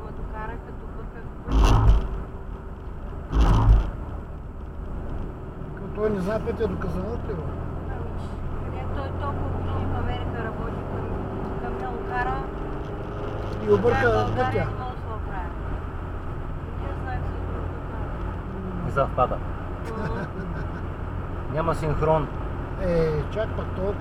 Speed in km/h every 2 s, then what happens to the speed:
59, 59, 58, 61, 66, 71, 77, 81, 81, 82, 82, 83.
0-5 steady at about 59. 5-13 speeds up to 81. 13-24 steady at about 82.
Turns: none.